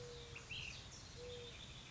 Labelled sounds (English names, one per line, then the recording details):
Mourning Dove
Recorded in Sonoma County, California